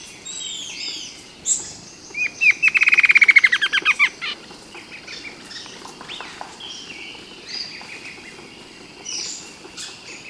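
Bird calls: sharp high chirps, then a fast run of bright downslurred notes that fades, followed by scattered faint twitters.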